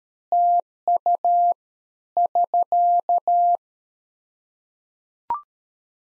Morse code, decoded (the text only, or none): TU <SK>